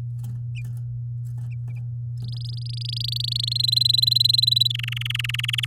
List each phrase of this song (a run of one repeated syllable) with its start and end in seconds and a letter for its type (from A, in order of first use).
2.20-3.53 A, 3.55-4.67 B, 4.70-5.66 C